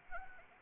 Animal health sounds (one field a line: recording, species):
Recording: mosquito wingbeat signal from an infrared sensor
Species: Anopheles arabiensis